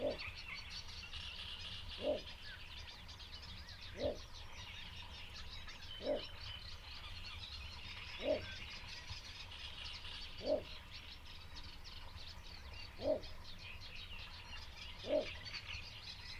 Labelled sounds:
Little Bittern (Ixobrychus minutus)
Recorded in the wild
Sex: male
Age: adult
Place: Hobrechtsfelder Rieselfelder, Naturpark Barnim, Berlin, DE
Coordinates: 52.6683, 13.4686
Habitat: pond
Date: 2008-06-15
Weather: stark bewölkt, fast windstill, ca. 13°C
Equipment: Sound Devices 702, Sennheiser MKH 70, Windkorb
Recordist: Frommolt, Karl-Heinz

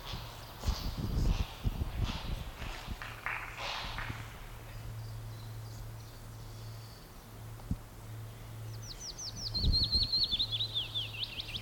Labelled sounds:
Tree Pipit (Anthus trivialis)
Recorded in the wild
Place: Mühlenbecker Wald, Brandenburg, DE
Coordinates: 52.69, 13.37
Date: 1992-06-27 12:59
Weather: sonnig, 22-26°C
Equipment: Marantz CP 430, Sennheiser ME 80, Kopie Tesla B 116
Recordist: Tembrock, Günter

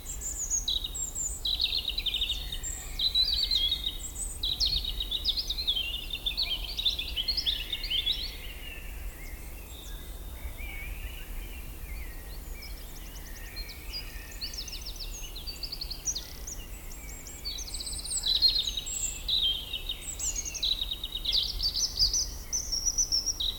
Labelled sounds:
European Robin (Erithacus rubecula) song
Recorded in the wild
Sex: male
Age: adult
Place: Lanke, Brandenburg, DE
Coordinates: 52.76, 13.54
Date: 1995-04-30 20:11
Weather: heiter 14-15°C
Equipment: Marantz CP 430, Sennheiser ME 80, Kopie Uher 4000 Report Monitor
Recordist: Tembrock, Günter

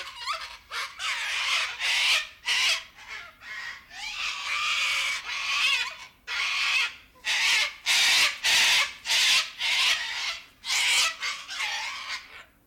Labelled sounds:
Sulphur-crested Cockatoo (Cacatua galerita) call
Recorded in captivity
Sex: diverse
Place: Zoo Berlin, Berlin, DE
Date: 1996-03-13 15:35
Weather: bedeckt, 2°C
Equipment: Sony WM-D6C, Sennheiser ME 80, Kopie Uher 4000 Report Monitor
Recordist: Tembrock, Günter
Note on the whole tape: 5 Exemplare mit Langrufen und Ruffolgen mit Kopfbeugen

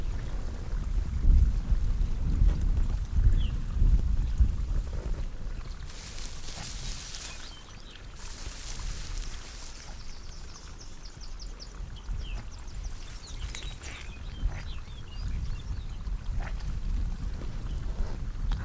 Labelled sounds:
Arctic Fox (Vulpes lagopus)
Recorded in the wild
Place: Insel Mednyi, Kommandeur-Inseln, RU
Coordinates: 54.5167, 168.083
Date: 1999-07-14
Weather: 6°C, Nebel, mäßiger Südostwind
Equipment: Sony WM-D6C, Sennheiser ME 80, K 30 AV, Windkorb, Kopie Sony TCD-D8
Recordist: Jakupi, Antje

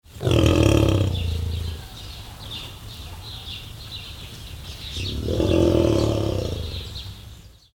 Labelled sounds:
Muskox (Ovibos moschatus)
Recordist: Tembrock, Günter
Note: Langlaute eines Weibchens

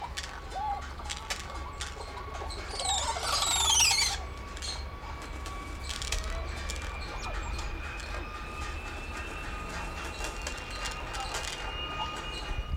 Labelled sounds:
Crested Oropendola (Psarocolius decumanus)
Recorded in captivity
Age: adult
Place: Zoo Berlin, Berlin, DE
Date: 1993-03-20 12:10
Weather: 5-8 ° C, böiger Wind
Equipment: Marantz CP 430, Sennheiser ME 80, Kopie Uher Variocord 263
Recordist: Tembrock, Günter
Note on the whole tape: Komplexe Lautsequenzen (2 m)

